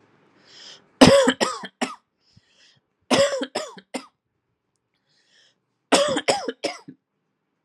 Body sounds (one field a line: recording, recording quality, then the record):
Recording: heavy voluntary cough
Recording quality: excellent, no background noise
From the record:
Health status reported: exposed to COVID-19, no respiratory illness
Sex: male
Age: 29 years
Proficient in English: yes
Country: India